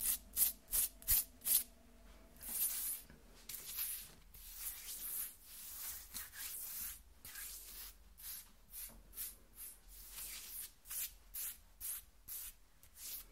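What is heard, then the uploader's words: Fingernails scratch across skin in quick, bright rasping strokes. A fast run of sharp, evenly spaced scrapes opens the clip, followed by softer, longer rubbing passes that settle into a steady rhythm of strokes about twice a second. A faint low hum lies underneath. ASMR Skin Scratching 1 Hour (No Talking).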